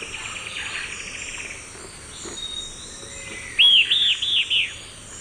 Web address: Natures Songs S America Eastern Lowlands. Myiopagis flavivertex, call